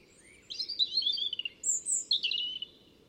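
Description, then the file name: European robin song with a falling twittery phrase, a high clear whistle, then another warbled phrase; quiet background. "Erithacus rubecula"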